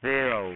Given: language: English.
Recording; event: throat vibration sensor signal played as sound; speech